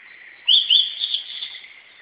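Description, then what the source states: Blue-and-white flycatcher singing a brief phrase of two sharp high whistles that trail off into softer warbling notes. Recorded 17 May 2008.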